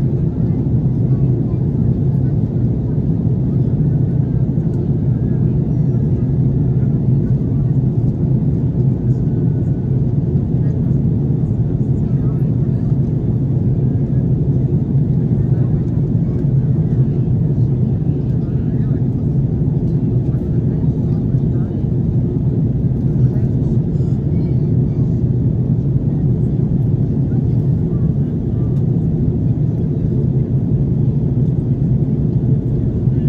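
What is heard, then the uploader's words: Airbus A330 cabin sound in flight: a steady, heavy low roar from the engines that holds even throughout the whole stretch. Faint voices murmur underneath, and a few small clicks and knocks break through now and then. FULL FLIGHT - Airbus A330 Palma to Frankfurt (Condor). Full flights with all of it's sounds including passenger announcements, service and of course the engines.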